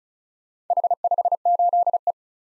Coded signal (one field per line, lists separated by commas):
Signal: Morse code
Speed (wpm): 34 wpm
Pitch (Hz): 700 Hz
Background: none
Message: H58E